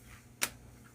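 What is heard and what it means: A gapped edge of the replacement screen on an HP Envy x360 15-bq213cl laptop is pressed into the lid. A single sharp snap at 0.4 s cuts through faint background hum. The screen edge clips in and seats.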